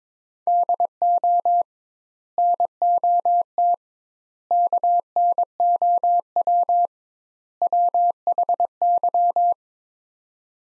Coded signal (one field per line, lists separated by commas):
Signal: Morse code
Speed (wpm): 21 wpm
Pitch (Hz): 700 Hz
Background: none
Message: DO NOT KNOW WHY